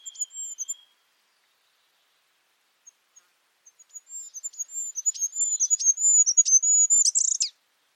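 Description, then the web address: Bird calls, high thin whistled notes near the top of hearing, a brief burst at the start, then a rapid run of sharp chirps building to a dense chattering finish. "birddata Deverinetal 2025"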